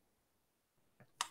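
A large black plastic ink cartridge, sitting higher than the others because it was not fully seated, is pressed down into a printer's printhead carriage. After a quiet stretch and a soft sound at 1.0 s, a sharp click rings out at 1.2 s as the cartridge seats the whole way.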